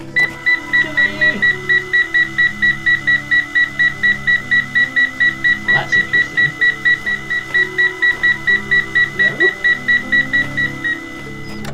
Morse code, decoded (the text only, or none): none